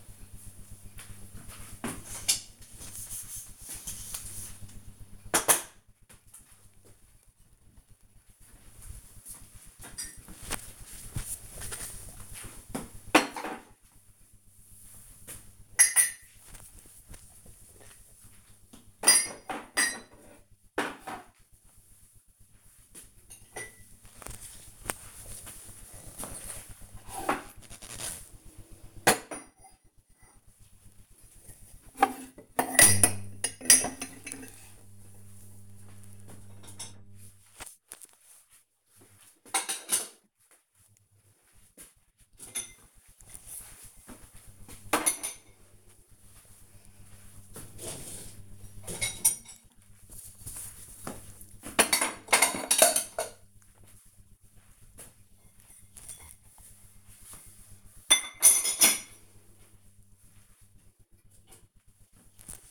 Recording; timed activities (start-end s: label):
household activities, microphone on the right wrist
0.00-62.71 s: cleaning out the dishwasher